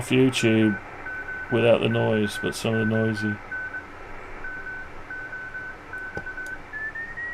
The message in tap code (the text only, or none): none